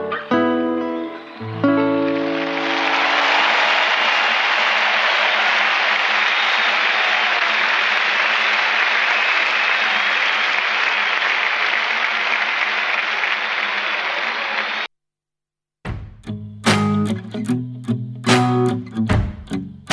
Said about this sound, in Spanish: Bien, y ahí... gracias por los aplausos. Los aplausos fueron para la nota, ¿no?